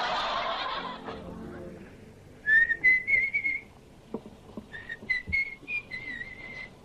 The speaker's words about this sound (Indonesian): Perempuan bersiul. Belum. Hah? Belum apa perempuan bersiul terus? Belum kedengeran kok siulannya. Malam-malam enggak baik. Kok denger siulan terus sih?